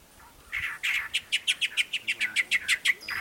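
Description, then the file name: Long-tailed mockingbird song, a fast series of many similar chirping notes, several per second, at steady pitch. "Canto do mimao de cauda longa"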